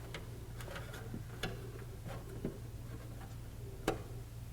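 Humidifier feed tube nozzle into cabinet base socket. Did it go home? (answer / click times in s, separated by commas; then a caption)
no / none. The tab of an AprilAire 4235 feed tube kit's nozzle is handled at the socket on a humidifier cabinet base, making light ticks and knocks at about 0.2, 0.6, 1.4 and 3.9 seconds over a steady low hum. The nozzle has not seated or snapped in yet.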